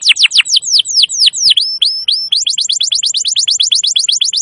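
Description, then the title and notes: Canary song of quick high downslurred notes, slower swooping phrases, then a steady rapid trill of sharp repeated notes. Masteran recording of a canary singing continuously (gacor), used to lure wild canaries. "Pikat Kenari GACOR PANJANG INI Cocok Untuk Masteran KENARI LIAR. Masteran burung kenari gacor parah"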